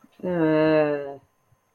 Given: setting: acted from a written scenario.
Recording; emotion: vocal sound without words; shame